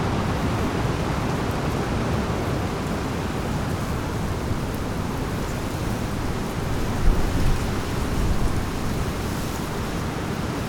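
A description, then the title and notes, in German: A storm blows steadily, a dense, unbroken roar of wind weighted toward the low end with a hissing wash above it. The level barely changes, apart from a slightly stronger gust around seven to nine seconds, before settling back to the same rush. Mittagspause an der Schleuse Rahe. Es stürmt, mal wieder. Die Wolken treiben regenverhangen über das Land.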